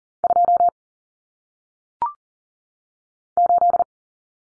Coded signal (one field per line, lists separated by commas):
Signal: Morse code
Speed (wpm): 40 wpm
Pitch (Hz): 700 Hz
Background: none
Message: 2 8